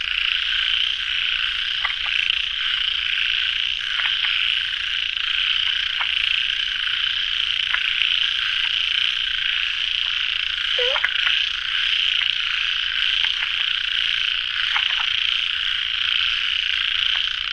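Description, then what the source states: Frog chorus, a dense unbroken high trill with scattered short croaks breaking through, and one lower swooping call near the eleventh second. Frogs at a pond late at night, recorded in the field by the uploader.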